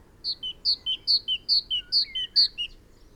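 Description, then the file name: Great tit song, about six crisp two-note phrases, high then low, delivered at an even, rapid pace with a faint rising whistle behind. "Parus major"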